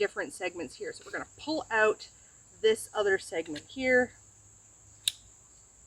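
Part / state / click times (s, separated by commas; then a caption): upper segment of a collapsible trekking pole into the segment below it / seated / 5.1 s. Someone talks while pulling out the upper segment of a Trekology Trek-Z collapsible tri-fold aluminium trekking pole. At 5.1 seconds there is a single sharp click as the segment snaps into the segment directly below it and seats in place.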